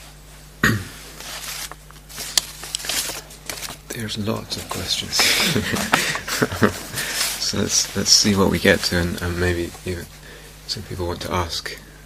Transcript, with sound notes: There are lots of questions here! [laughter] Let's see what we get to, and maybe even some people want to ask.